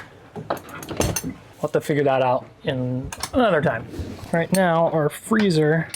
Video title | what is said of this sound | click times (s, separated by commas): Hope Town Bound! Sailing, Boat Projects & Facing My Fears | if you push it close and latch, but that is not latching fully. | 0.5 s